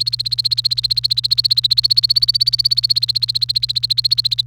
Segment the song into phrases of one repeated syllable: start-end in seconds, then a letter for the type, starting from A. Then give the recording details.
0.00-4.41 A. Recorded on 28 April 2018 at 14:28. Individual llb3